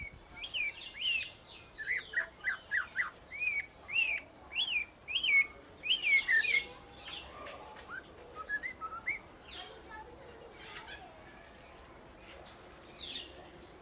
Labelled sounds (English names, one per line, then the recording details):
Snowy-crowned Robin-Chat
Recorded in captivity
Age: adult
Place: Zoo Berlin, Berlin, DE
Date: 1992-08-22 12:10
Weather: heiter, 17-20°C
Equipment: Marantz CP 430, Sennheiser ME 80, Kopie Tesla B 116
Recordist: Tembrock, Günter